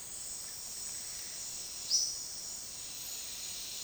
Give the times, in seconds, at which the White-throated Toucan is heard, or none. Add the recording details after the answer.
none. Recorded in dense forest near Puerto Asís, Putumayo, Colombia, on 18 February 2024 at 11:30. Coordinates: 0.466, -76.327. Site G6413